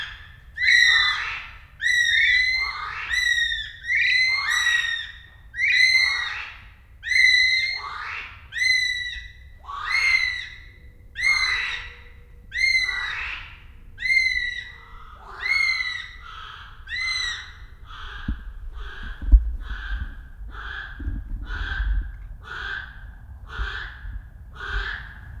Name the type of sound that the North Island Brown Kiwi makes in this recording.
duet